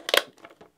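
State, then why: Seated. A second stage scuba regulator is pushed into the opening of a plastic full face dive mask and snaps in with a firm double click at 0.1 s and 0.2 s, seating it fully. Fainter handling taps follow at about 0.5 s and 0.6 s.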